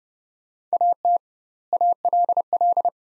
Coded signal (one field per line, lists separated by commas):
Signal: Morse code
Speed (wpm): 30 wpm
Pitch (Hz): 700 Hz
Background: none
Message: AT ALL